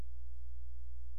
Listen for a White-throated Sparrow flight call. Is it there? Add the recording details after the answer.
no. No flight call is heard. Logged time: 00:03 on 16 September 2014